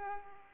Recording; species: mosquito wingbeat signal from an infrared sensor; Culex pipiens